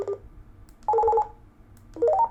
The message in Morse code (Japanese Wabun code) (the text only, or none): none